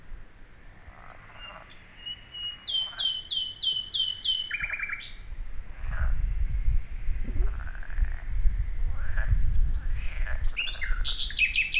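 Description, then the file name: Common nightingale singing varied phrases: a steady whistle, then rapid high repeated notes and a chattering burst, with a low rumbling background noise. "Luscinia megarhynchos"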